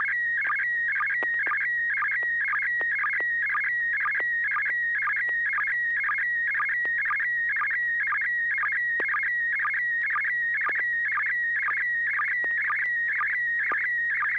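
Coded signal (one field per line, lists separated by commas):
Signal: SSTV (slow-scan television)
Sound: steady warbling, chirping tone in a fast repeating rhythm, with occasional clicks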